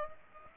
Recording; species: mosquito wingbeat signal from an infrared sensor; Aedes aegypti